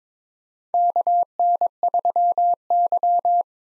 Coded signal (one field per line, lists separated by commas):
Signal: Morse code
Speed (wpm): 22 wpm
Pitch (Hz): 700 Hz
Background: none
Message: KN3Y